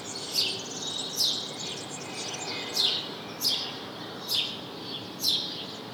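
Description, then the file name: House sparrow chirps, a few bright notes in an irregular series with short gaps, over a soft hissing background. "Passer domesticus"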